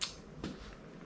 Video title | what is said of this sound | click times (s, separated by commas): Turning an Old Harley EVO into a Custom Ride | Right into these little clips right there, just snaps right in up front. | 0.4 s